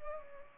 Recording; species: mosquito wingbeat signal from an infrared sensor; Culex pipiens